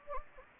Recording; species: mosquito wingbeat signal from an infrared sensor; Anopheles gambiae